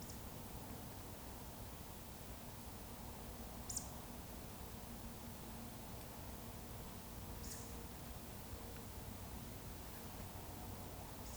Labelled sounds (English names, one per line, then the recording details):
Eurasian Woodcock whistle
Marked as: whistle, whistle, whistle, whistle
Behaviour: display flight
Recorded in Baden-Württemberg, Germany, on 19 May 2020 at 19:58 UTC
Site 31917, 145 m above sea level